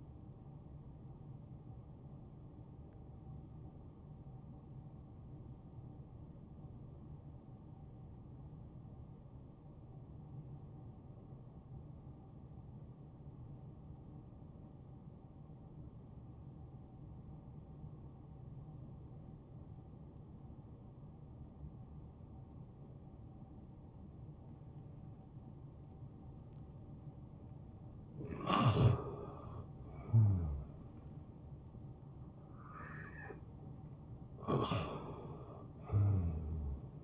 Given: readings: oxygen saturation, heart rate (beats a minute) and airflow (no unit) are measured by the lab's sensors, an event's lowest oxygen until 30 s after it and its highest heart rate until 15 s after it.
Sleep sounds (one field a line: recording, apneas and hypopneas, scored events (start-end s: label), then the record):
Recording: breathing in sleep by a smartphone at the bedside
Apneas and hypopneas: 1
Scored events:
6.00-25.20 s: obstructive apnea (N1, oxygen 96% highest, then 87% lowest, heart rate 67 at the start, 74 highest)
From the record:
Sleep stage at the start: N1 (lightest sleep)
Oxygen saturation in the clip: 85 to 96%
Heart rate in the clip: 65 to 73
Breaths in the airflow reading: 6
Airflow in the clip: -6.1 to 4.9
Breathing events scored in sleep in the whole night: 263 in 5.5 hours asleep